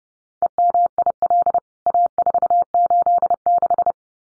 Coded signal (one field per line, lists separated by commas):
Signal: Morse code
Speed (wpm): 30 wpm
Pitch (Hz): 700 Hz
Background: none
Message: EMIL A486